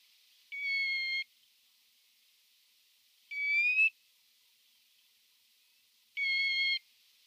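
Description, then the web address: Thick-billed lark giving three harmonic notes, spaced a few seconds apart, over quiet background. Male thick-billed lark giving calls. "Schulze Peter Thick-billed Lark male calls"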